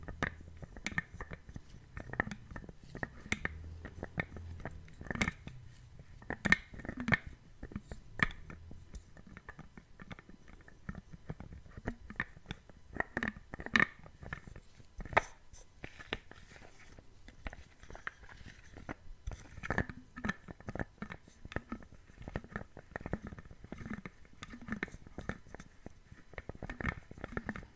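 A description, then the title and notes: A lid is handled repeatedly, giving a busy, irregular run of sharp clicks, taps and knocks that lasts the whole time. Some hits land with a duller low thump, and a faint steady whine sits underneath. The clicks cluster loosely, with brief gaps between bursts. ASMR Lid Sounds.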